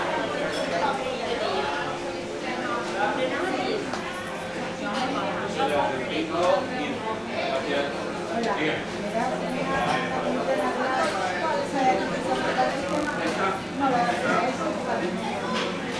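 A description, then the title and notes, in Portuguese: A short walk through Puerta del Sol, filled with a steady crowd of overlapping voices and chatter. A held mid-pitched note rises above the talk from about 2 to 4 seconds and again near 8 to 10 seconds, over a constant low rumble. Pequeno percurso na Puerta del Sol.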